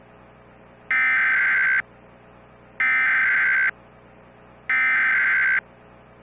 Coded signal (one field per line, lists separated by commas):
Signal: Emergency Alert System (SAME) tones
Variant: header bursts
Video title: EAS Scenario: Squall Line Catastrophe - Part 2